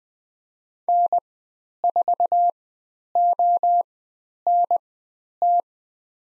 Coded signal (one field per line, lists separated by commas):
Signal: Morse code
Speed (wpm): 20 wpm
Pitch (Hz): 700 Hz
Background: none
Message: N4ONT